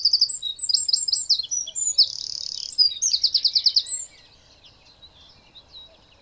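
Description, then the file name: Eurasian wren sings a fast, high phrase of chattering notes, a buzzy reel and a quick rattle for about four seconds, followed by quiet background. "Troglodytes troglodytes"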